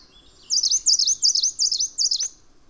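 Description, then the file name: Bird song: five quick, high, swooping phrases in a steady series, each a pair of sharp down-and-up slurs, with a click near the end. "obscuratus song"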